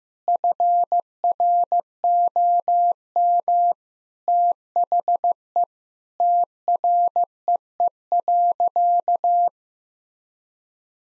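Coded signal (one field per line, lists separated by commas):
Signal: Morse code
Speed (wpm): 15 wpm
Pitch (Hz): 700 Hz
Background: none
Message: FROM THE TREE.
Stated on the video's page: Morse practice set at 15 wpm: sentences built from common two-word phrases, each sent twice, for head-copy drills.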